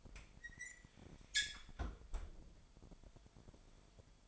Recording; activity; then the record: daily activity, microphone in the room; close fridge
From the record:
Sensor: 5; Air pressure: 1002.1 hPa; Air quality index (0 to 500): 224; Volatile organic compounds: 28 ppm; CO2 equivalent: 2913 ppm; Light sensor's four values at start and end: 10/24/10/11 and 9/22/9/10